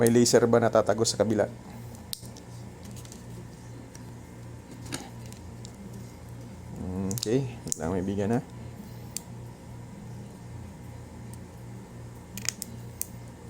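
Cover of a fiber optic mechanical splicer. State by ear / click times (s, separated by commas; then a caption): seated / 12.5 s, 13.0 s. Someone talks at the start while handling a fiber optic mechanical splicer, with scattered small clicks and taps through the middle of the clip. The splicer's plastic cover is then closed over the joined fiber and snaps shut with sharp clicks at 12.5 s and 13.0 s, locking it in place.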